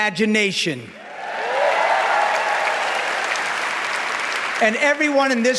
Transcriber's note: cheering